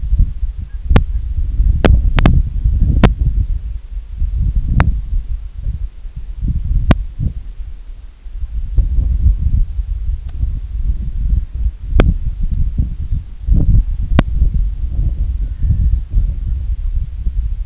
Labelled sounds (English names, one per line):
unidentified sound
Red-throated Loon